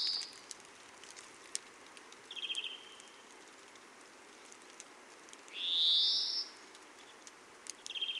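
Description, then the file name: European greenfinch giving a short, dry trill, then a long, harsh, upward-sweeping wheeze, followed by another trill. "Chloris chloris"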